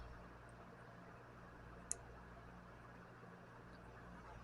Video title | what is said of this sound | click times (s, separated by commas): FOURTH OF JULY MULTI DANGLES | That was perfect. I don't know if you guys heard that snap, that click sound. | 1.9 s